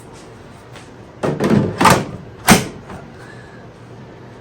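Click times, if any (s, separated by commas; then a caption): none. A lithium battery pack is slid into its slot in the battery bay of a Toro Power Clear 21-inch battery-powered snow blower, under the lifted cover, and pushed in. Broadband scraping and rubbing sounds swell from about 1.2 to 2.0 seconds, followed by a sharper knock near 2.5 seconds, then quiet. The pack has not yet snapped or seated into place.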